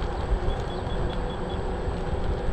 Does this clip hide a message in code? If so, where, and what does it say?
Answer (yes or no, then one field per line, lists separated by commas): no